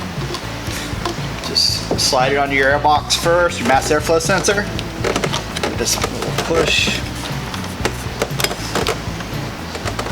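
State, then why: Not seated. While reinstalling the intake elbow of a carbon fiber intake on an Alfa Romeo Giulia or Stelvio, the elbow is slid under the airbox and the mass airflow sensor's electrical connector is pushed onto the sensor on the elbow. Someone talks over background music, with short handling knocks and taps throughout. The clip ends before the connector goes home; nothing has seated or clicked yet.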